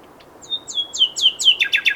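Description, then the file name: Common nightingale: songbird phrase of downslurred whistled notes, repeating faster and louder over two seconds. "Luscinia megarhynchos"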